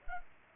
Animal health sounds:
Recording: mosquito wingbeat signal from an infrared sensor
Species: Culex pipiens

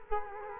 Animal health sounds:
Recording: mosquito wingbeat signal from an infrared sensor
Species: Culex quinquefasciatus

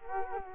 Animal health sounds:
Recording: mosquito wingbeat signal from an infrared sensor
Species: Culex quinquefasciatus

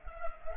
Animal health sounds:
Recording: mosquito wingbeat signal from an infrared sensor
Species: Culex pipiens

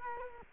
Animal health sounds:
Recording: mosquito wingbeat signal from an infrared sensor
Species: Culex quinquefasciatus

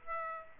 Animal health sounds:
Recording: mosquito wingbeat signal from an infrared sensor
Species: Aedes aegypti

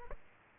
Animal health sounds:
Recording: mosquito wingbeat signal from an infrared sensor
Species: Aedes aegypti

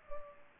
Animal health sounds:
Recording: mosquito wingbeat signal from an infrared sensor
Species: Culex pipiens

